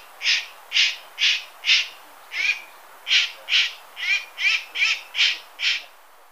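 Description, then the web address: Beautiful jay giving a steady series of about a dozen harsh, buzzy notes, roughly two per second; quiet background. Ecuador. "Birds of Ecuador. Beautiful Jay"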